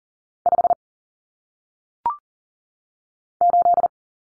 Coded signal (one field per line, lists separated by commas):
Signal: Morse code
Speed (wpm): 39 wpm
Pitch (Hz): 700 Hz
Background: none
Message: 5 8